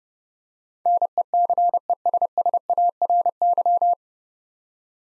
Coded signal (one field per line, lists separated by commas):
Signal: Morse code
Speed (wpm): 30 wpm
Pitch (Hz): 700 Hz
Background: none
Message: NECESSARY